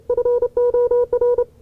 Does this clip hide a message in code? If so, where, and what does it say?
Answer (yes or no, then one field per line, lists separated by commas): yes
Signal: Morse code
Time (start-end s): 0.1-1.4 s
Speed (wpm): 30 wpm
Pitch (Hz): 490 Hz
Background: none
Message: FOR